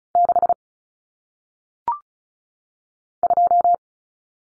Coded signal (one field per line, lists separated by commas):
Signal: Morse code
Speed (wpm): 36 wpm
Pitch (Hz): 700 Hz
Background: none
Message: 6 2